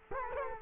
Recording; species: mosquito wingbeat signal from an infrared sensor; Culex quinquefasciatus